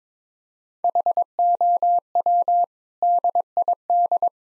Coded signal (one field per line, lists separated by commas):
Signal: Morse code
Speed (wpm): 22 wpm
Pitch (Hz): 700 Hz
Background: none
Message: HOW DID